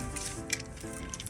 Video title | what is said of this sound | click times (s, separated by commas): Cryolipolisis | Okay. When you hear click sound, it means you had already connected the treatment handle. | 0.5 s